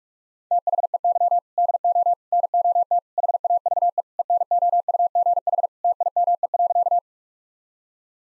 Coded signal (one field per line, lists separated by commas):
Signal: Morse code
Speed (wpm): 46 wpm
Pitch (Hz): 700 Hz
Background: none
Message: THEY DO NOT HAVE ENOUGH TIME.